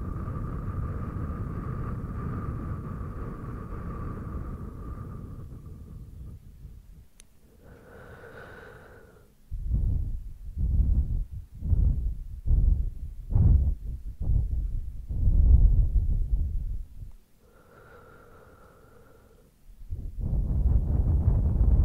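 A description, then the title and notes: Breathing and blowing close on the microphone, deep and rumbling. A long steady blow fills the first seven seconds, then a run of short bursty puffs follows from about ten to seventeen seconds, with a faint tone in two brief pauses and a final blow at the end. ASMR bassy Breathing & Mic Blowing - no talking.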